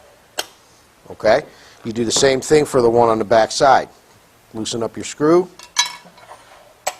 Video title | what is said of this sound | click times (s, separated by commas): 010-7477-0989 리지드코리아 에스티대흥 | loosen up the set screw, and slide this back until you hear it click. | 0.4 s